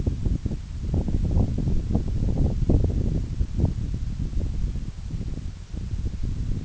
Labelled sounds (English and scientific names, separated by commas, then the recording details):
none
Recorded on Arctic tundra, site NAIT-1, on 26 June 2019
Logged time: 16:00